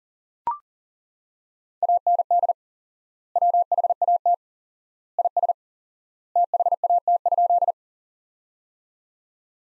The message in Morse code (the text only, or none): AND WHAT IS THAT?